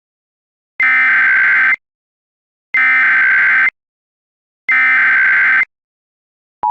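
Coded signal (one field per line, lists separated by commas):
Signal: Emergency Alert System (SAME) tones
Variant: header bursts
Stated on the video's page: Mock alert, not a real broadcast.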